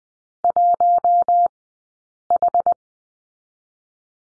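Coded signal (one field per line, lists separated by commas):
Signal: Morse code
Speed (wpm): 20 wpm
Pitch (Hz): 700 Hz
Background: none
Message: 1H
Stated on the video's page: Morse code course lesson on the letter H, sent at a Farnsworth speed of 20/10 wpm.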